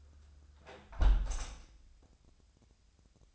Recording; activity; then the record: daily activity, microphone in the room; close window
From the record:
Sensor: 2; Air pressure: 1014.7 hPa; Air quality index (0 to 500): 73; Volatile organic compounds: 1 ppm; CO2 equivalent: 956 ppm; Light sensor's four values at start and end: 8/19/8/8 and 8/19/8/8